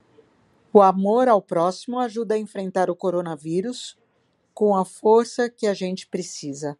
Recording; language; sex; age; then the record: spoken sentence; Brazilian Portuguese; female; 60 to 69 years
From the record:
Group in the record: control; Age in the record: 60 years